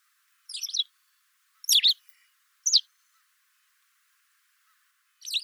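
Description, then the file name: White wagtail uttering quick, high chirping calls in short bursts, three close together then a pause before another. "Motacilla alba"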